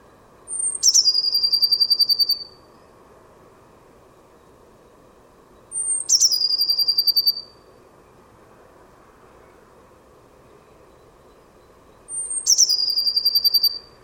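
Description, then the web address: Bird calling with a sharp descending high note that runs into a fast, even trill lasting over a second, heard three times roughly six seconds apart above constant low hum. "cianscape birddata Deverinetal 2025 Bird Only Cy Ca"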